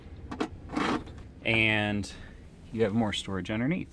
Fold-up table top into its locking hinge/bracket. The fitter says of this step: and then locks into place,